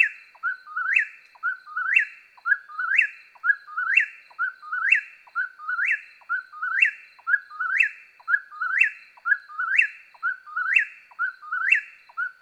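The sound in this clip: Eastern whip-poor-will singing its whistled phrase, a low note sliding into a sharp rising end, repeated about once a second.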